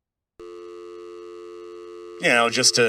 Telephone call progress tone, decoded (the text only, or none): dial tone